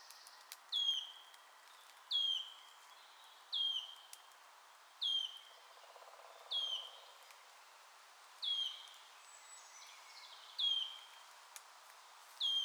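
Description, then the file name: Wood warbler repeating a plaintive, falling whistle at short, somewhat uneven intervals, eight notes in all, with faint chirps of other birds in the background. "sisego fuzike hangja"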